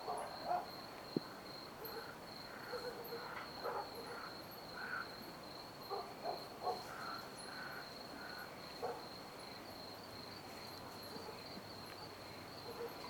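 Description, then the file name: Crickets give a steady high trill throughout, with scattered short lower sounds over it. Rural countryside at night. "freesound country rural night crickets"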